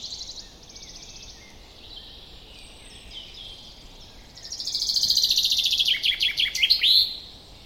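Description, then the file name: Common chaffinch song: after faint background birdsong, a loud descending trill of rapid notes speeds into a final flourish, lasting about three seconds. "Fringilla coelebs"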